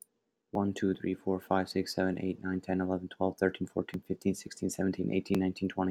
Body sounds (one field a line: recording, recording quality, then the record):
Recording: counting at a fast pace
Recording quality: excellent, no background noise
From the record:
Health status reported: healthy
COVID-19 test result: not tested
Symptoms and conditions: none ticked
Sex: male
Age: 31 years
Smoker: not ticked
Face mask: not worn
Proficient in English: yes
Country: United States